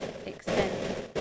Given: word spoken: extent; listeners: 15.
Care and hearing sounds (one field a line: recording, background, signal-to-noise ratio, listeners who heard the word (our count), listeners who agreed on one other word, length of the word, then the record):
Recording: one English word in noise, from a listening test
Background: noise modulated by three-talker babble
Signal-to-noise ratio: -5.2 dB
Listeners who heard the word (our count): 3 of 15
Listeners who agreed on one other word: 9 of 15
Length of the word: 0.81 s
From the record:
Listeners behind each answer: 9, 3, 1, 1, 1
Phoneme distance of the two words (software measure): 10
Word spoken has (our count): 2 syllables, 7 phonemes, stress on syllable 2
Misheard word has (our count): 2 syllables, 7 phonemes, stress on syllable 2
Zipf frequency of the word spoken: 4.40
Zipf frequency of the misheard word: 4.16